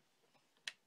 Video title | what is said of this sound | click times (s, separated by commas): Transformers Generations Fall Of Cybertron Voyager Grimlock | You hear the click. | 0.7 s